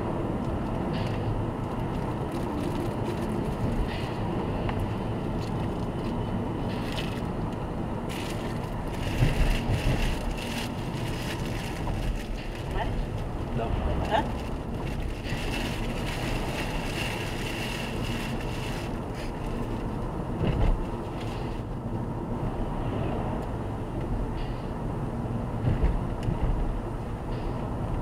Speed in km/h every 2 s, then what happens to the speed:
74, 68, 65, 64, 61, 59, 59, 60, 62, 64, 64, 63, 64, 65.
0-9 slows to 59. 9-28 steady at about 63.